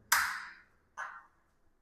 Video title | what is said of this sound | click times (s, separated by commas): Our New Budget home but rich looks 🏠small place 2bhk 72Sq yards, 36x16 | కూర్చోవడం వల్ల door అనేది lock అయిపోతుంది ఆటోమటి ఇలా | 0.1 s